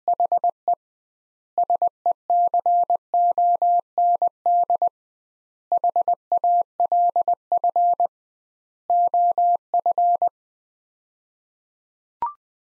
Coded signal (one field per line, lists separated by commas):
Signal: Morse code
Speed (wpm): 20 wpm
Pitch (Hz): 700 Hz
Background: none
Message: HE SECOND HALF OF